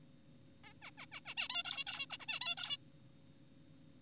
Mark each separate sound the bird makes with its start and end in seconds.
0.64-0.73, 0.82-0.91, 0.98-1.06, 1.12-1.20, 1.26-1.34, 1.38-1.48, 1.50-1.63, 1.65-1.84, 1.87-2.06, 2.10-2.17, 2.20-2.26, 2.28-2.39, 2.41-2.55, 2.58-2.77